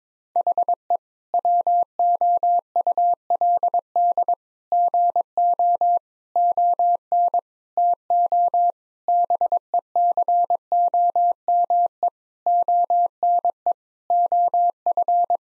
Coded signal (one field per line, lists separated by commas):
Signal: Morse code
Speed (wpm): 22 wpm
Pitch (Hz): 700 Hz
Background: none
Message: HE WOULD GO ON TO BECOME ONE OF